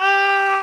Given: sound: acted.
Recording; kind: vocal sound; scream